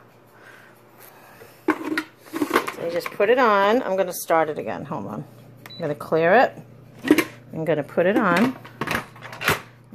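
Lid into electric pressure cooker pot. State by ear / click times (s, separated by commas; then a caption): seated / 9.5 s. A lid is put on an electric pressure cooker pot and turned until it locks in place, with a click at 9.5 s as it seats. Someone talks throughout, with a few short knocks and clatters between words.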